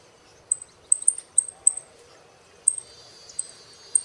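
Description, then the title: Saffron finch song: very high, thin chip notes with short trailing tails, given irregularly in small bursts, over a soft steady background hiss. "Jilguero Argentino"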